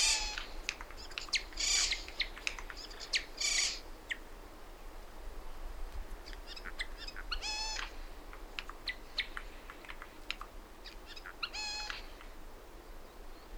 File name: Garrulus glandarius